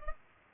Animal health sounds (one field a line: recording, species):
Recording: mosquito wingbeat signal from an infrared sensor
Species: Culex pipiens